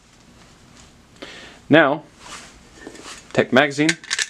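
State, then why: Not seated. During reassembly of a Japanese Type 14 Nambu pistol, the magazine is picked up to be put back into the grip while someone talks, with light handling noises and metallic taps around the speech. The magazine has not seated or clicked into place yet by the end of the clip.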